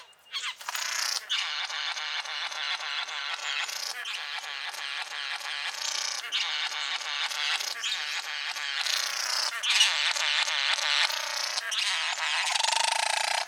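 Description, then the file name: Satin bowerbird producing a long, continuous buzzy, rasping churr with mechanical whirring and clicking textures, broken by brief pauses, growing slightly louder toward the end. "Satin Bowerbird Ptilonorhynchus violaceus"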